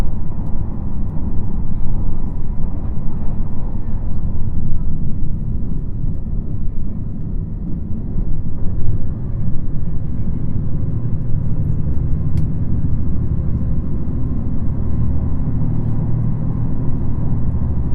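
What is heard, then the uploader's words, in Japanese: Steady low rumble of a diesel railcar running, dense and continuous throughout, with engine drone and faint clicks near twelve seconds. JR四国 2700系気動車 南風20号 琴平から岡山まで。四国旅客鉄道2700系気動車の走行音です。特別急行列車 南風20号 琴平から岡山までの区間で録音しました。今回は２回目で、宇多津発車後から児島到着までです。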